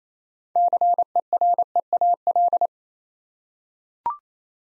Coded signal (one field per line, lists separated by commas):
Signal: Morse code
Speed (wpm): 27 wpm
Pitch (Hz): 700 Hz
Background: none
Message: CEREAL